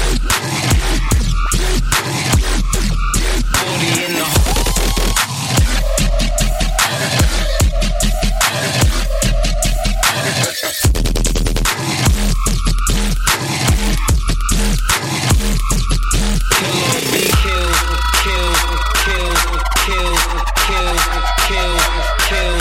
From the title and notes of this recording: Robot noises.